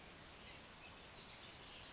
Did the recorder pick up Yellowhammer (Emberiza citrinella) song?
no